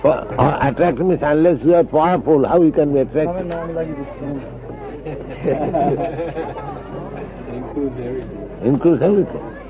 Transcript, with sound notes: Attractive means... unless you are powerful, how you can be attractive? (laughter)
It includes everything.
Includes everything.